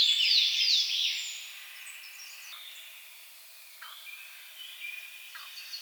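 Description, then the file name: Eurasian blackcap song, a loud bright phrase of sliding whistled notes at the opening, fading into quiet scattered chips. "Sylvia atricapilla"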